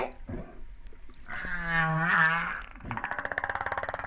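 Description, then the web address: Humpback whale call: a sustained harmonic moan that bends slightly upward, followed by a rapid pulsed rattling tone. Recorded off Réunion on 13 September 2011, about 08:35. "autres sons cetaces BB Reunion 13-09-2011"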